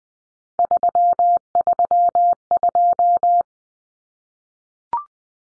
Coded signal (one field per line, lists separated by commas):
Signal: Morse code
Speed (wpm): 20 wpm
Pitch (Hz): 700 Hz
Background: none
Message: 332